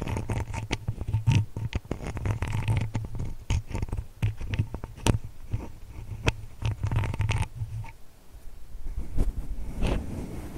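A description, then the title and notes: ASMR tapping and scratching, with sharp clicks and taps landing irregularly every fraction of a second, some louder strikes around five and six seconds. A low steady hum runs underneath until about eight seconds, then drops away, leaving softer rustling and scratching textures. ASMR tapping, scratching, touching [no talking].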